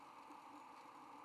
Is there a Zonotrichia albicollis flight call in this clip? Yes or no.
no